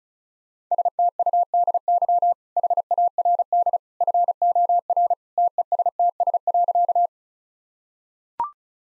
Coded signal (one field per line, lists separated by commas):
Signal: Morse code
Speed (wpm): 36 wpm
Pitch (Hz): 700 Hz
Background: none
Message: STUDY HARD FOR TESTS.